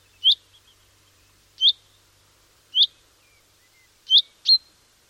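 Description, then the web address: Common chaffinch calling with short, bright 'pink' notes, five in about five seconds, the last two close together, against a quiet background. "Deverinetal"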